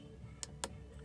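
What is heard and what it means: A display flex cable connector is pressed onto its socket on an iPhone 7 logic board. Two sharp, short clicks are heard at 0.4 s and 0.6 s over a quiet background, and the connector is seated.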